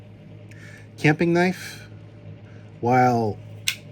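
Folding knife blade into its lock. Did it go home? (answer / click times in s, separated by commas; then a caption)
yes / 3.7 s. Someone talks while working the other folding camping knife, and its blade snaps into its lock with one sharp, harsh click at 3.7 s. The lock clearly engages, though it is not clear whether the blade locked open or closed.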